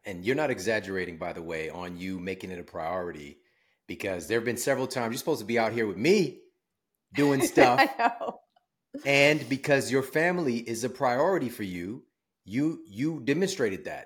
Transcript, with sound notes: And you’re not exaggerating, by the way, on you making it a priority, because there have been several times you’re supposed to be out here with me, doing stuff.
I know. [laughter]
And because your family is a priority for you, you demonstrated that.